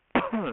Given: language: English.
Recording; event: throat vibration sensor signal played as sound; cough